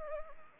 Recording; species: mosquito wingbeat signal from an infrared sensor; Anopheles arabiensis